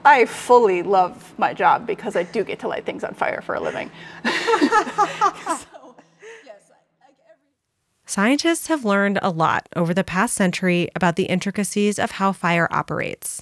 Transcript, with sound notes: I fully love my job because [laughs] I do get to lay things on fire for a living. [both laugh, audio fades out] So, yes, every... Scientists have learned a lot over the past century about the intricacies of how fire operates.